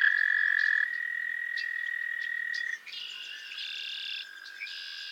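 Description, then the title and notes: Frog chorus where a strong steady trill stops after nearly three seconds and higher, buzzier trills from other frogs take over in overlapping bursts. Chorus of frogs calling to one another on a summer evening at Miners Marsh, Annapolis Valley, Nova Scotia. "Theraphonia - Frogsong at Miners Marsh. A chorus of frogs croon to one another on an idyllic summer evening in Miners Marsh, Annapolis Valley, Nova Scotia"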